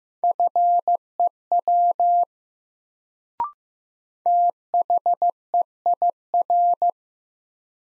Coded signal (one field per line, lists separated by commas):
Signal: Morse code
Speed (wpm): 15 wpm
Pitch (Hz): 700 Hz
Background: none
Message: FEW THEIR